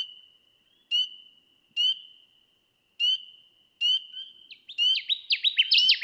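Connecticut warbler song: a rapid, tumbling series of swept notes builds near the end, after sharp ringing notes repeated about once a second over a steady high tone.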